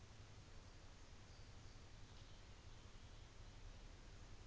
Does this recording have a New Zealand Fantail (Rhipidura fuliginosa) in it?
no